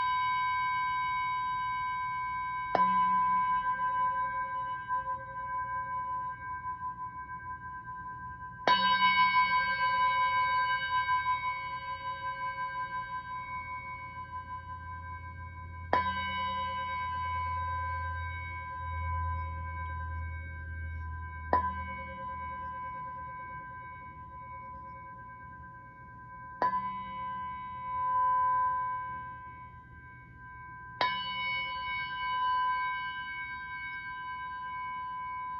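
A Jupiter gong is struck about every five to six seconds, six strikes in all, each a sharp onset followed by a long, ringing tone that slowly fades. A steady low hum runs underneath, swelling between roughly fifteen and twenty-two seconds.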